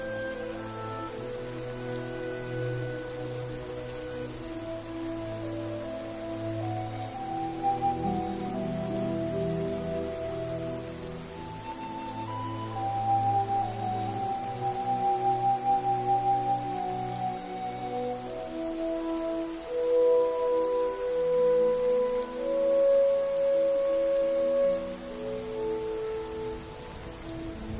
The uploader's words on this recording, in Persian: هاگواترز در شب بارانی. پادکستی که میشنوید به کمک "باینورال بیت" تهیه شده (بیت هایی که به صورت دو ضربه با فرکانسهای متفاوت شنیده میشوند).